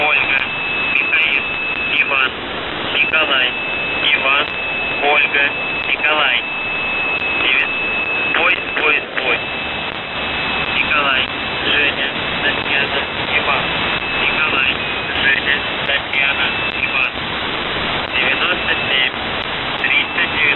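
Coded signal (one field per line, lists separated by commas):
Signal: numbers station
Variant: UVB-76 voice message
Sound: a distorted voice speaks through heavy radio noise while a steady high whistle sounds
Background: radio static, heterodyne whistle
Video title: The Buzzer/UVB-76(4625Khz) February 14th, 15th, 19th 2022 Voice messages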